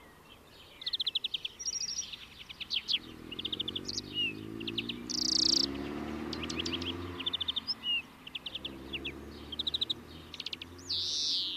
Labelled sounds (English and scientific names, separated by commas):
European Greenfinch (Chloris chloris) song